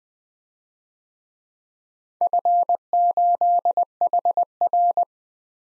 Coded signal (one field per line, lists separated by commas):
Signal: Morse code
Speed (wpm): 20 wpm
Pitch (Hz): 700 Hz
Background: none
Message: F8HR